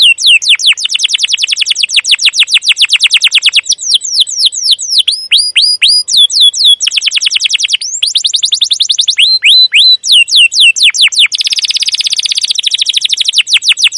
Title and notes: CUIT CUIT NGEROL LANGSUNG GACOR PANJANG Kenari Ini Utk Pancingan KENAR. PANCINGAN Kenari GACOR PANJANG Cuit CUIT EMOSI ini utk MASTERAN Kenari PAUD belajar BUNYI. burung kenari